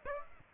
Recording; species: mosquito wingbeat signal from an infrared sensor; Aedes aegypti